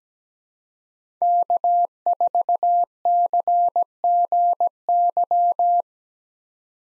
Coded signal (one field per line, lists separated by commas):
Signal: Morse code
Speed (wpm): 17 wpm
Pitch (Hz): 700 Hz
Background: none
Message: K4CGY